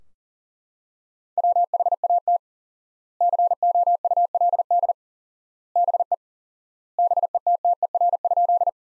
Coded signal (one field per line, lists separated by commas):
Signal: Morse code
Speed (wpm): 40 wpm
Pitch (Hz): 700 Hz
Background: none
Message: WHAT COULD BE BETTER?